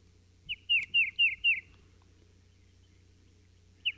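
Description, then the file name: Tufted titmouse song: a run of five clear, slurred whistled notes falling from high pitch, then silence and one more note at the end, over a faint low hum. "dan-gibsons-solitudes tufted-titmouse"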